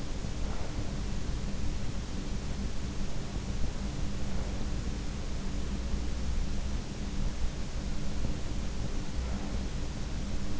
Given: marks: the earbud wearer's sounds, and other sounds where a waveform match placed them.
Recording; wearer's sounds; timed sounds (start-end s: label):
sounds in sleep by an in-ear microphone; breath
0.00-1.96 s: breath
8.93-10.60 s: breath